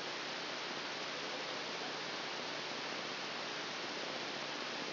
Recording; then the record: brain microelectrode recording played as sound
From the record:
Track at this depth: outside the subthalamic nucleus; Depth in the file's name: 0.115 mm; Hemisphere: left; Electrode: 2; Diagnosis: Parkinson's disease